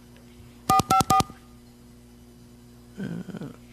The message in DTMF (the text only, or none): 454